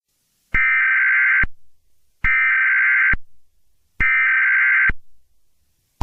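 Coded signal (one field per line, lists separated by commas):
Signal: Emergency Alert System (SAME) tones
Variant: header bursts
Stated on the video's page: Mock EAS alert.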